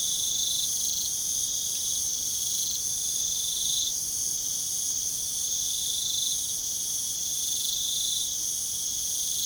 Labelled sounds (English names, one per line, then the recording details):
none
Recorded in pastures near Puerto Asís, Putumayo, Colombia, on 24 June 2025 at 02:00
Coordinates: 0.497, -76.327
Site G040